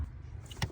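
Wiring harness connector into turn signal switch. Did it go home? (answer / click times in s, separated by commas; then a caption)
yes / 0.5 s, 0.6 s. A plastic wiring harness connector is pushed into the new turn signal (blinker) switch under the steering column of a 1991–96 Chevy Beretta/Corsica. Over a low rumble, a faint click comes at 0.5 s and a sharper snap at 0.6 s. The connector is seated.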